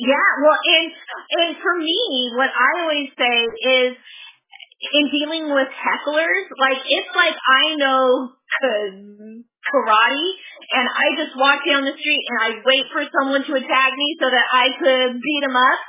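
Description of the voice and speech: An adult woman speaks in mostly fluent conversational speech, broken by stretched sounds on short words and a halting start on "karate," with a repeated k-sound across a brief pause. These prolongations and part-word repetitions are typical of stuttering.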